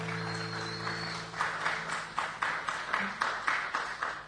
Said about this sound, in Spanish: Volvemos a aplaudir a estos jóvenes talentosos.